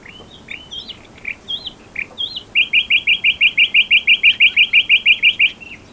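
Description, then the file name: Common nightingale song: varied short whistled notes, then a fast, very regular string of loud chirps repeated several times a second. "Luscinia megarhynchos"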